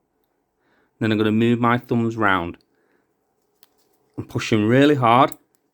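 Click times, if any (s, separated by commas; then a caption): none. Someone talks while pressing a rotating dive bezel for a Rolex Submariner down onto a steel watch case with both thumbs, working the pressure around to snap it on over the retaining spring. Nothing has seated or clicked yet; the bezel is not yet home when the clip ends.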